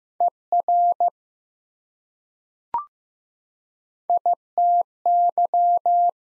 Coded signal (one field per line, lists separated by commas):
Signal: Morse code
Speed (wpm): 15 wpm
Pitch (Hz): 700 Hz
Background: none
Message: ER ITY